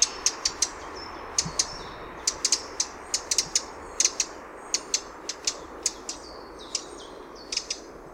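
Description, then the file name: Eurasian wren calling with crisp single and paired ticks at a brisk uneven pace, faint high whistles behind, over constant low hiss. "Troglodytes troglodytes"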